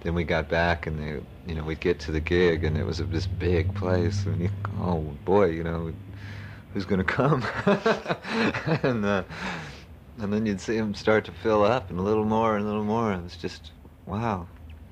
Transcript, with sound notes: then we got back and you know, we get to the gig and it was this big place and you go 'Boy, you know, who's gonna come?' [laughs] And then you'd see them start to fill out a little more and a little more and it's just 'wow.'